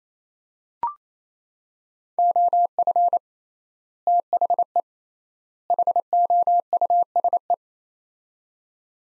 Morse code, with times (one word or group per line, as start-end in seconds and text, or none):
2.2-3.2 OF
4.1-4.8 THE
5.7-7.5 HOUSE